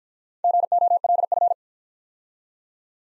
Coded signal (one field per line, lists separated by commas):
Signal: Morse code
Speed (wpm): 49 wpm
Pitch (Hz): 700 Hz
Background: none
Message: GOLF